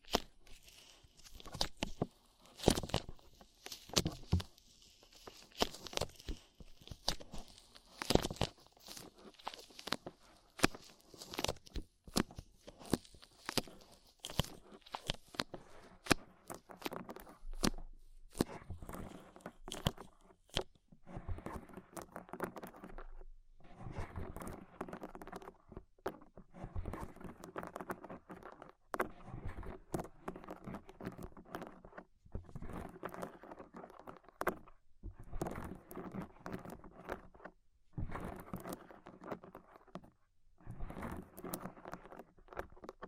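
Ear cleaning sounds: a dense stream of crackly scratching and tapping with many sharp clicks. The first twenty seconds are busiest and brightest. After that the rustling comes in uneven bursts separated by brief quiet gaps, with a faint low hum underneath.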